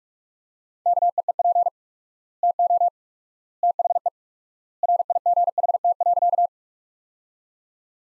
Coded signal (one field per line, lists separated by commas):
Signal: Morse code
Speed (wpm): 46 wpm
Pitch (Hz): 700 Hz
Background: none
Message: KEEP TO THE RIGHT.